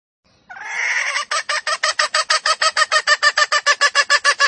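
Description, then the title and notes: Junglefowl female giving a rough opening squawk, then a long, even train of rapid clucks, more than three each second, loud and regular. Female junglefowl; recording used as a lure to attract wild junglefowl. "Pancingan Ayam Hutan Betina. Suara Ayam Hutan Betina. Pemikat Ayam Hutan"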